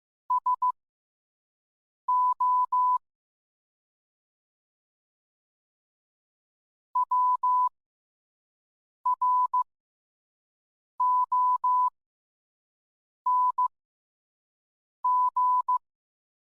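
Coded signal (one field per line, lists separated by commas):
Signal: Morse code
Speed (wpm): 15 wpm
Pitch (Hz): 1000 Hz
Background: none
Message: SO WRONG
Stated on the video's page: Morse code in a fictional story episode, accompanying a poem by John Keats.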